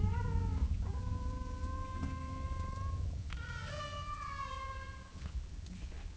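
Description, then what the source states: Domestic cat meowing repeatedly: a short call, then two long, level meows back to back. Cat meowing gently and purring, with long intervals between sounds.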